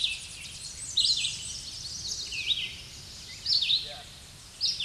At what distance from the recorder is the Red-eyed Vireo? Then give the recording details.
about 15 m. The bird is about 10 m above the microphone. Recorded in a Pennsylvania forest on 16 May 2024 at 07:46. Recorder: AudioMoth, point MSD-2110. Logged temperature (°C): 16.4 °C. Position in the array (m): 41 m, 181 m